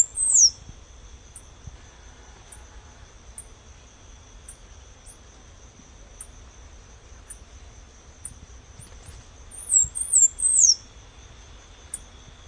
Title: LuckyPassaro Completos2Sama. Half-collared Sparrow (Arremon semitorquatus)